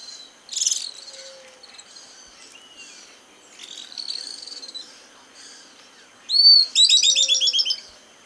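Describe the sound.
Bird calls, high chirps and short whistled notes in scattered bursts, ending with a loud rapid trill of repeated notes near the close.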